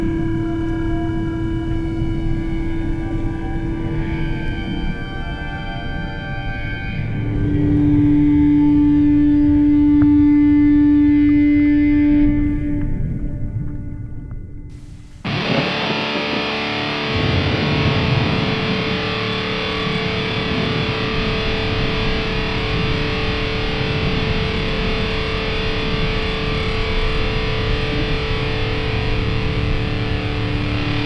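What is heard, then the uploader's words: Droning feedback tones hold steady for the first fifteen seconds, with a piercing pitched whine swelling loud around eight to twelve seconds before fading. At fifteen seconds a sudden, thunderous roar bursts in and stays dense and rumbling, with a persistent low hum, to the end. Feedback And Thunder. Thunder field recordings by Mike Koening Wind field recordings by Chris Watson Epiphone Sheraton electric guitar strums by me I copied the guitar feedbacks and manipulated it a little bit. During the early morning, in paris , france.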